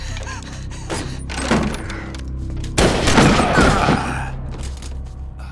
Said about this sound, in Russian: Но отец парня застрелил одного из нападающих, а затем получил пулю от Карла.